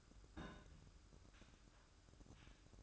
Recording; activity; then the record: daily activity, microphone in the room; place on stove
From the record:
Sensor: 2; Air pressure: 1007.8 hPa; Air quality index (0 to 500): 101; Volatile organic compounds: 1 ppm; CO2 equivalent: 760 ppm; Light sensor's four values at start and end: 7/16/7/7 and 7/16/7/7